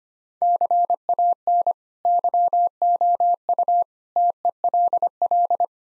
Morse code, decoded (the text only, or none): CAN YOU TELL